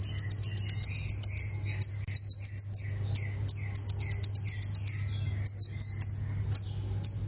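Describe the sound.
Plain prinia repeating quick high notes in several bursts, separated by short higher thin whistled phrases; steady low hum throughout.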